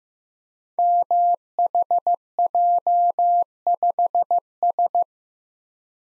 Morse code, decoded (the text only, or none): MHJ5S